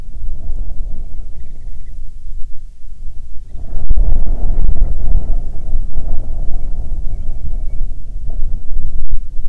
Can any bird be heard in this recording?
yes